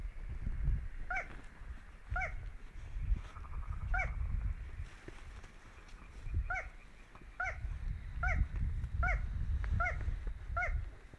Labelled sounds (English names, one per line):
Little Crake song